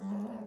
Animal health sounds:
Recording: pig call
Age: piglet (1 to 25 days)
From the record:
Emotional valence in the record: negative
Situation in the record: long isolation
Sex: male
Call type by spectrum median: low-frequency call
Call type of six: low-frequency modulated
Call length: 0.47 s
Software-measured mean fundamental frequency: 68 Hz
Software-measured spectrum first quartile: 204 Hz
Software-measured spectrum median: 250 Hz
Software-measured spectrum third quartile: 544 Hz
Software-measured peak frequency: 213 Hz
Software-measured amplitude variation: 96 dB a second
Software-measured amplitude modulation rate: 20.0 a second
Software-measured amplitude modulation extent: 4.8 dB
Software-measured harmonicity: 10.3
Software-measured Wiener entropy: -0.36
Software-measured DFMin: 771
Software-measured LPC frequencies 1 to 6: 873, 1710, 2764, 3602, 4753, 6499 Hz

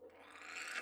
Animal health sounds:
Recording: pig call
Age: piglet (1 to 25 days)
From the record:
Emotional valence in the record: negative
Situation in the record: restrain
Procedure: in the arms of a person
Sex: male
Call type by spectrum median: low-frequency call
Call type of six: low-frequency tonal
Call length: 0.83 s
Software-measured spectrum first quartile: 1494 Hz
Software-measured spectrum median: 2240 Hz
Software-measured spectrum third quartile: 3446 Hz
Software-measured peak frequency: 1664 Hz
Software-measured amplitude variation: 142 dB a second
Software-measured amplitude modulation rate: 27.2 a second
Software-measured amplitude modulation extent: 5.2 dB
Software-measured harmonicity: -0.3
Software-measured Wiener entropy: -1.41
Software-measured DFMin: 1010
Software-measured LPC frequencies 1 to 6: 740, 1495, 2133, 2610, 3472, 4384 Hz

